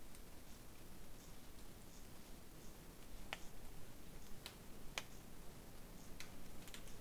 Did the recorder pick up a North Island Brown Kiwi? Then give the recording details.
no. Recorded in New Zealand on 8 January 2015. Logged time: 01:58. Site BX23